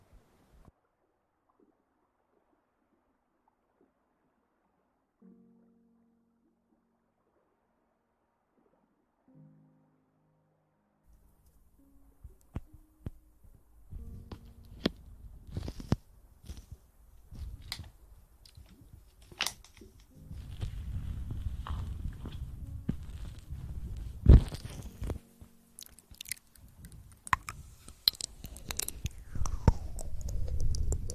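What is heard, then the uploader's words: Ear eating sounds: almost silent for the first ten seconds, with only a couple of faint low murmurs. Wet clicks, pops and smacking then start and grow denser, and after about twenty seconds a heavy low rumble joins, with a sharp loud snap near twenty-four seconds. Relaxing Ear Eating.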